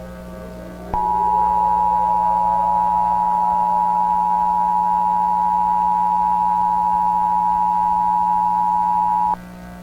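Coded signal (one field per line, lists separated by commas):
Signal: Emergency Alert System (SAME) tones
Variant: 853 and 960 Hz attention tone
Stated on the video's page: Fictional EAS scenario, a simulated alert.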